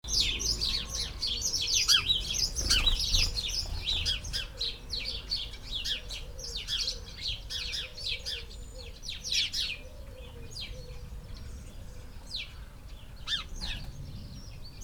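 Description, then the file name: House sparrows in a dense chirping chorus, rapid scratchy notes tumbling over one another, loudest at first and thinning out later. "Passer domesticus"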